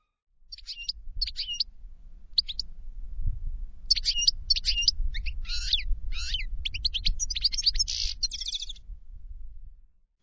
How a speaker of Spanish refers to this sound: Y el tercero es el jilguero.